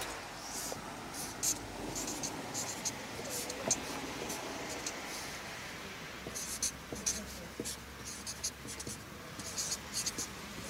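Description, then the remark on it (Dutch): Journalist Cilly D'Artel writes "Leef. Zolang je kan." by hand with a pen, scratching across paper in short, uneven strokes, with soft scraping bursts and brief pauses between words, over a low steady background hum. “Ik heb begrepen dat ik er ook wat moet opschrijven.”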